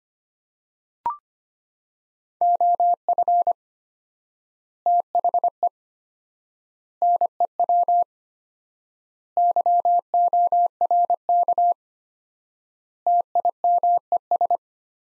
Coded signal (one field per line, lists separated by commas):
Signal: Morse code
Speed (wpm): 25 wpm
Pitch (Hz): 700 Hz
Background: none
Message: OF THE NEW YORK TIMES